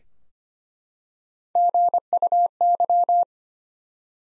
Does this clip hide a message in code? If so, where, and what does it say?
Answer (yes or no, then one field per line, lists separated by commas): yes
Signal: Morse code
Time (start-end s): 1.6-3.2 s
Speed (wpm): 25 wpm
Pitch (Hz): 700 Hz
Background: none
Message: GUY